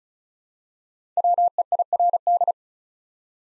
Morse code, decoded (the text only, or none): WEIRD